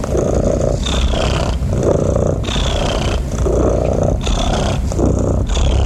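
Cat purring: a steady, rumbling low purr that swells and eases in a breathing rhythm.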